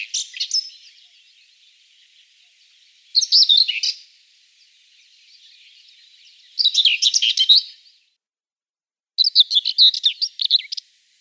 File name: Slavka seraja